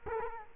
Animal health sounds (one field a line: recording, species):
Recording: mosquito wingbeat signal from an infrared sensor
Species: Culex quinquefasciatus